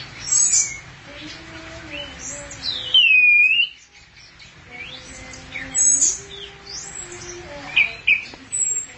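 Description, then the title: Thrush song of high, swooping whistled notes and quick chirps, one strong burst near the middle, with softer lower warbling running underneath throughout. "burung anis x"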